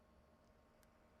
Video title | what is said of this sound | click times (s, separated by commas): C96 V2 Censored: Anvil 0152 bis | Does that snap in? Yeah. Right there. Okay. | 0.8 s